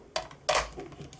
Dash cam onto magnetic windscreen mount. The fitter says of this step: then then click back into place and you're